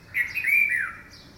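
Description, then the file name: Red-vented bulbul call: a short, bright chattering phrase of three or four linked notes, slightly falling at the end, over a quiet background. "Pycnonotus cafer - Red-vented Bulbul"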